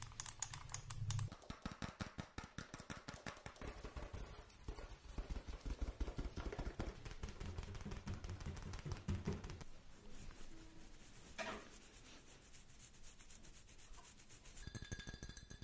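Fast tapping runs through nearly the whole clip, a dense, rapid train of sharp clicks like fingers drumming on a keyboard. The first ten seconds are heavier, with a low thud underneath; after that the tapping thins slightly and turns lighter and brighter.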